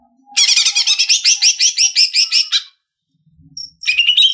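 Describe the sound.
Leafbird song: a fast run of repeated high chirps and slurred whistled notes for about two seconds, then a pause and a brief bright warbled phrase.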